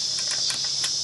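Climbing sticks are being strapped onto a treestand with a buckled strap, the strap run across and through the buttons before the buckle is dropped down to cinch them. A steady high-pitched hiss runs throughout, with a few faint soft taps of handling. Nothing has seated or clicked yet.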